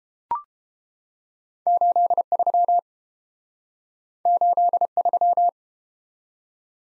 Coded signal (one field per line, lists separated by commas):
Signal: Morse code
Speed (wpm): 30 wpm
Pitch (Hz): 700 Hz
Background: none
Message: 83 83